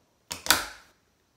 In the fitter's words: then just push down and you'll hear it click